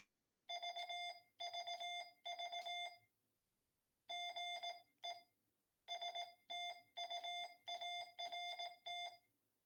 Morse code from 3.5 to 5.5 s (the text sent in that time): GE